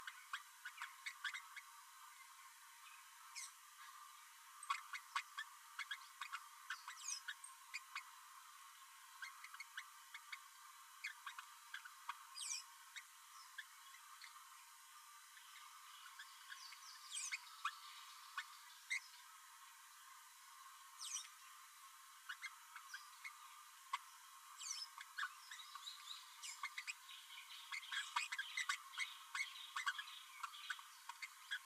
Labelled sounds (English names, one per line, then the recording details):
Green-rumped Parrotlet babbling
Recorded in a nest box in Venezuela
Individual 18B12A3